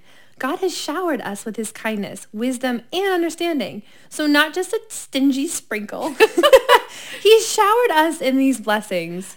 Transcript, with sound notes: God has showered us with his kindness, wisdom and understanding. So not just a stingy sprinkle. (Laughs) He showered us in these blessings.